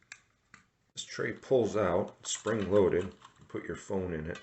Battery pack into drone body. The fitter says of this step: Should click into place.